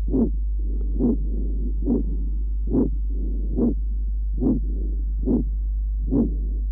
Patient has severe aortic stenosis. Recording taken at aortic area. The ejection systolic murmur in this area and the single second sound.